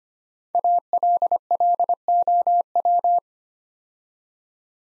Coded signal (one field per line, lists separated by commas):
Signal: Morse code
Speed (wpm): 25 wpm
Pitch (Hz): 700 Hz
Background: none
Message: ALLOW